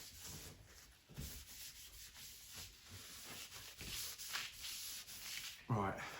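Two people fit the rear screen and its surround into the convertible soft-top frame of a Ford Escort Mk4 Cabrio. Steady rubbing and scraping runs throughout, with a louder burst and a rising squeak near 5.7 s. Nothing has seated or clicked yet: the screen is not seated properly or pushed in, so the fitting is missed.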